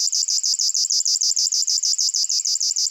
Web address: Locustella fluviatilis